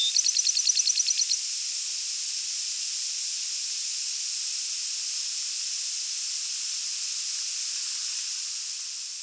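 Bachman's sparrow giving a short rapid trill at the opening, followed by several seconds of hiss only.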